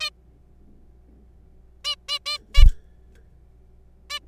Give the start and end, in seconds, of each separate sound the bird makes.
0.00-0.10, 1.85-1.95, 2.08-2.19, 2.26-2.38, 2.55-2.64, 4.10-4.19